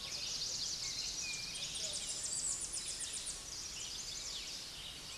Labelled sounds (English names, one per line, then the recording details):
Tennessee Warbler song
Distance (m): 70 m
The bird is about level with the microphone
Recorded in a Pennsylvania forest on 16 May 2024 at 09:21
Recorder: AudioMoth, point MSD-0407
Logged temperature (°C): 15.8 °C
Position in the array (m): 11 m, 194 m